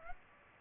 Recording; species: mosquito wingbeat signal from an infrared sensor; Aedes aegypti